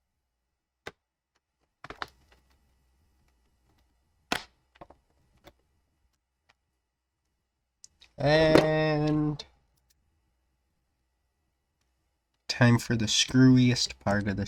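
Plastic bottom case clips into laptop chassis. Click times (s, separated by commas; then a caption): 0.9 s, 1.8 s, 2.0 s, 4.3 s, 7.8 s. A laptop's plastic bottom cover is pressed back onto the chassis until it sits flush, and its plastic retaining clips snap into place one after another. The clips give sharp, crack-like clicks at 0.9, 1.8, 2.0, 4.3 and 7.8 seconds, and the case is seated. Afterward someone talks.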